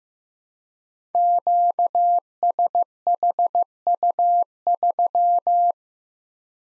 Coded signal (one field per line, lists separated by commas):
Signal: Morse code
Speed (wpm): 15 wpm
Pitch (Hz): 700 Hz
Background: none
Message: QSHU3